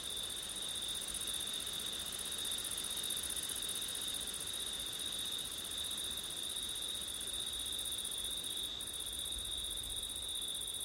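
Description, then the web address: Cricket: continuous shrill trilling of many crickets holds steady from start to end, with light low background noise. September night, wind, recorded with an ORTF stereo setup. "audio crickets wind september night ortif"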